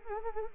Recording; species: mosquito wingbeat signal from an infrared sensor; Anopheles arabiensis